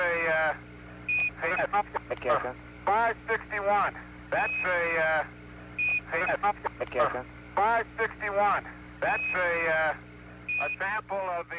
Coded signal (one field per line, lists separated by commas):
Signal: Quindar tones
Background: speech